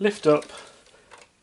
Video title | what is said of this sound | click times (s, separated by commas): Lego Star Wars R2-D2 Unboxing and Review, Set 75308 | and it just clicks into place | 1.1 s